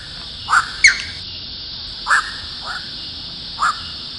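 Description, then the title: Grey heron giving five short, harsh croaking calls spread over four seconds, the first two in quick succession, over a steady high-pitched background hiss. Recorded at Baiyangdian; local nickname 'long-necked old waiter'. "家住白洋淀——我的观鸟笔记 “长脖子老等”苍鹭"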